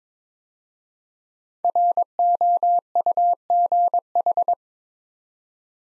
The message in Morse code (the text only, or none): ROUGH